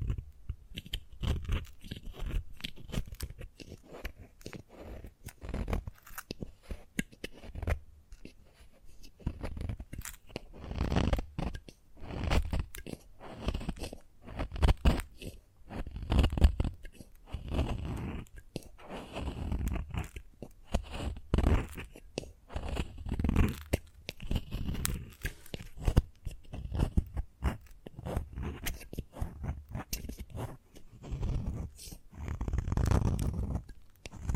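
Chalk being scraped and tapped, with dense, irregular bursts of crunchy scratching that crowd the whole clip. Short gritty strokes and sharp clicks come in quick clusters, with brief pauses between them, and a low rumble sits under the busier passages.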